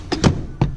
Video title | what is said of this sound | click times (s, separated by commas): 2015 Honda CRV - McKenney Salinas Honda - Charlotte Area Honda Dealer - PH7793 | just pull the seat back up clicks into place just like | 0.1 s, 0.2 s